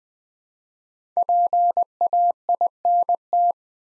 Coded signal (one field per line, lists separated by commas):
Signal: Morse code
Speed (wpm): 20 wpm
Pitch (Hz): 700 Hz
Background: none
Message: PAINT